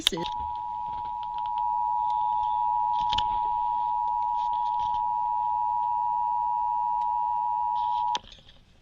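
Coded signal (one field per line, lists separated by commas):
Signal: Emergency Alert System (SAME) tones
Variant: 853 and 960 Hz attention tone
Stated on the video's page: Alerts relayed by digital TV stations, including unexpected relays of watches.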